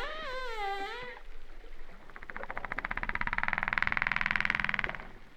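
Humpback whale song: a wavering, harmonic cry followed by a long buzzy, pulsed rasp that swells and fades, with low background rumble.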